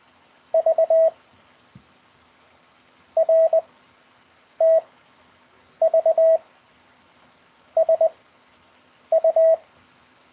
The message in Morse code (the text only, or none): V R T V S U